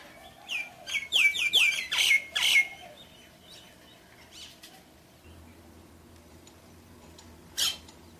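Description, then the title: Javan pied starling giving a quick burst of harsh chattering notes over about two seconds, then a few soft notes, and one more harsh squawk later. "jalak_suren"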